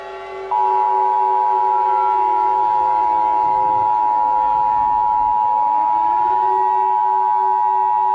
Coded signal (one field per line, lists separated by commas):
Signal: Emergency Alert System (SAME) tones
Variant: 853 and 960 Hz attention tone